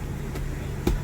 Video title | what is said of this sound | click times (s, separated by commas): 2018 Thor Vegas 27.7 Class A with AlleyCat RVs | now it's locked into place | 0.9 s